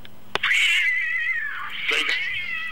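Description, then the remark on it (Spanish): A Persian cat lets out one long, drawn-out meow, high and wavering, swelling slightly near the end, preceded by a brief sharp click, with no talking over it. “Es un gato persa.”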